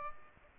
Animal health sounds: mosquito wingbeat signal from an infrared sensor; Aedes aegypti

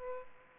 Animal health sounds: mosquito wingbeat signal from an infrared sensor; Aedes aegypti

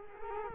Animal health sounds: mosquito wingbeat signal from an infrared sensor; Culex quinquefasciatus

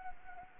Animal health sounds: mosquito wingbeat signal from an infrared sensor; Anopheles arabiensis

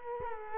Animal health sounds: mosquito wingbeat signal from an infrared sensor; Culex quinquefasciatus

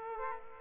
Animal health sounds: mosquito wingbeat signal from an infrared sensor; Aedes aegypti

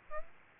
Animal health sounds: mosquito wingbeat signal from an infrared sensor; Aedes aegypti

